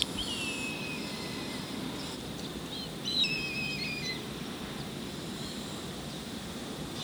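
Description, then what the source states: Hawk calls: two thin, descending slurred screams, the second louder near three seconds, over a steady rushing background noise. More than one hawk, recorded in a canyon at Santa Monica, California, USA, on 26 March 2007.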